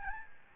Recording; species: mosquito wingbeat signal from an infrared sensor; Aedes albopictus